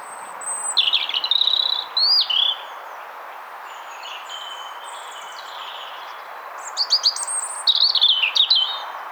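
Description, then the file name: European robin song in two high phrases of thin whistles and fluid warbles, separated by a quiet stretch with faint notes. "Erithacus rubecula"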